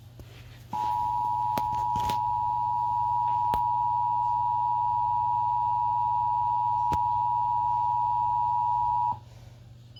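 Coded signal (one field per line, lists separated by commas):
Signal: Emergency Alert System (SAME) tones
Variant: 853 and 960 Hz attention tone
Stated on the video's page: Mock alert recreating the Hawaii alert, not a real broadcast.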